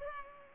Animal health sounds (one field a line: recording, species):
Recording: mosquito wingbeat signal from an infrared sensor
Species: Culex pipiens